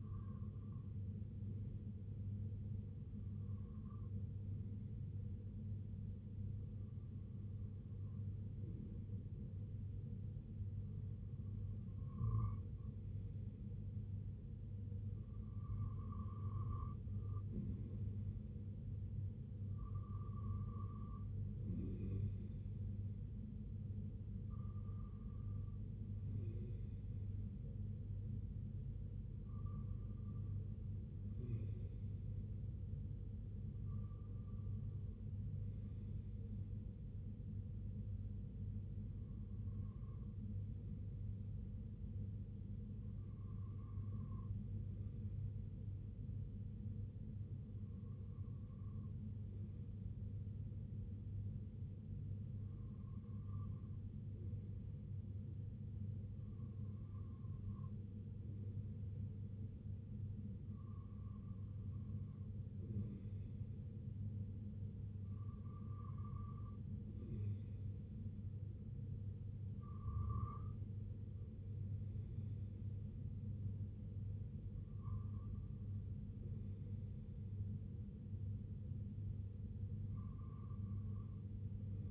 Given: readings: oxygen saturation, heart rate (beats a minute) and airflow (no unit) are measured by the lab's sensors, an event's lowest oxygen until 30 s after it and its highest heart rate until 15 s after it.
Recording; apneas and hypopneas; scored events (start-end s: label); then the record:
breathing in sleep by a smartphone at the bedside; none
none scored
From the record:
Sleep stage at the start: REM sleep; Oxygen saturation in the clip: 94 to 96%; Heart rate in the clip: 62 to 75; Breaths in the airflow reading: 19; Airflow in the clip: -6.5 to 3.5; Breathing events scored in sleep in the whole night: 258 in 7.4 hours asleep